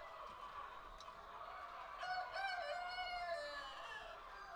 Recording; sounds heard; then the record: poultry house recording; healthy chickens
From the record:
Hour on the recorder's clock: 20